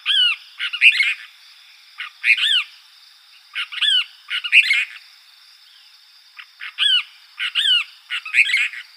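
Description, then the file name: Cassin's kingbird calling in quick runs of burry notes against a continuous shrill insect background. Recorded in Arizona on 13 July 2006. "deviche"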